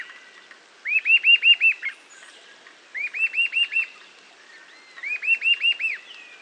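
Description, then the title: Eastern sirystes calling in three quick bursts of five or six arched whistled notes, the bursts spaced about two seconds apart. Nominate subspecies, Sirystes sibilator sibilator. "LuckyPassaro Completos2Sama. Eastern Sirystes (Sirystes sibilator sibilator)"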